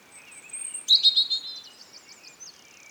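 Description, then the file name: European robin song: a thin high whistle, a sudden tumbling burst of notes, then quieter wavering twitters. "Erithacus rubecula"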